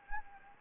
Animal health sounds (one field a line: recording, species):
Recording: mosquito wingbeat signal from an infrared sensor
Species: Anopheles gambiae